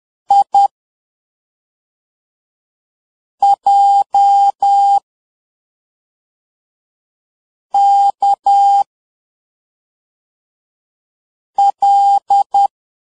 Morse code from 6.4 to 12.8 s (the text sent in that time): K L